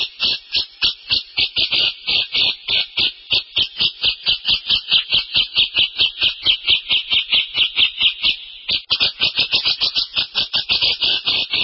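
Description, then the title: Grey-cheeked bulbul giving a harsh, rattling chatter of many rapid buzzy notes, running almost without pause, with a brief gap near eight and a half seconds. Used for training songbirds. "Master Cucak Jenggot"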